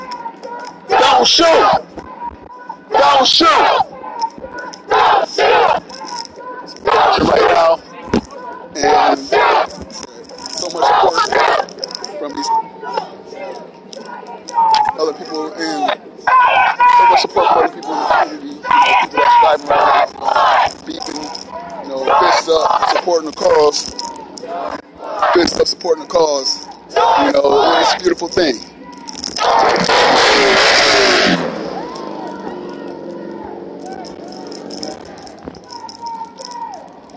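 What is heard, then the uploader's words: A street protest with a crowd of voices talking and shouting over one another, the chatter dense and uneven throughout. Loud bursts of raised voices and chanting break out every few seconds, peaking in a harsh, noisy roar around thirty seconds before easing back. Niagara Square Protest in Downtown Buffalo.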